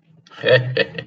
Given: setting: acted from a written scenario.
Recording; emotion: vocal sound without words; pride